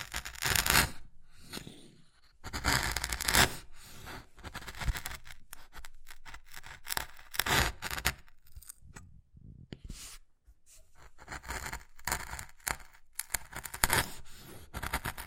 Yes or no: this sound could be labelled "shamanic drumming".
no